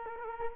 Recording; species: mosquito wingbeat signal from an infrared sensor; Culex quinquefasciatus